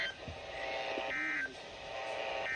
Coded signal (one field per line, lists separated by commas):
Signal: Emergency Alert System (SAME) tones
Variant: end-of-message bursts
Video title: EAS Capture #6 - FLASH FLOOD WARNING!!!